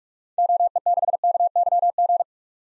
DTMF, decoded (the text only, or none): none